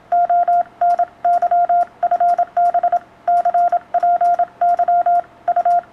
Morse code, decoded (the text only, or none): ONY FB CPY U